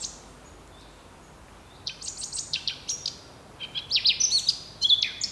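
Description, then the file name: Eurasian blackcap song: after a near-silent start, a fast, varied warble builds, ending in loud clear whistled notes. "Sylvia atricapilla"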